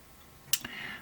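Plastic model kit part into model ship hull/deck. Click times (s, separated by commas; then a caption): 0.5 s. A plastic part of a 1:200 scale model ship is pressed into its mounting on the hull or deck and snaps into place with a sharp click at 0.5 s. Two fainter ticks follow at about 0.7 s and 1.0 s, and the part is seated and locked in place.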